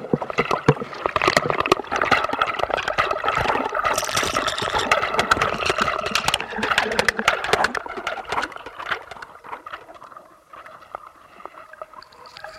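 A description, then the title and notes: Underwater sound picked up by a hydrophone: a dense, busy crackle of sharp clicks and pops, strongest through the first eight seconds. The clicking then thins and fades, leaving a quieter, hollow wash with a faint steady tone and a thin high whine near the end. L'Hydrophone de Guillaume. A plongé son hydrophone (microphone sous-marin) réalisé à Radio Grenouille le long du littoral toulonnais.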